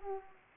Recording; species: mosquito wingbeat signal from an infrared sensor; Anopheles arabiensis